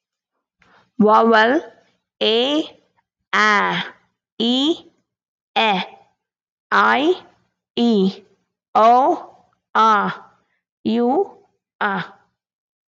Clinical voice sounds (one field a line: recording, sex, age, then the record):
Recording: vowel held as long as possible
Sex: female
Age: 30 to 39 years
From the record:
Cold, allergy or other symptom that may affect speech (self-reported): no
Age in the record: 30 years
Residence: Georgia, United States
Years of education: 18